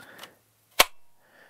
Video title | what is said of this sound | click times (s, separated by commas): MultiHolsters Paddle Holster for M&P Pro | Good positive click. | 0.8 s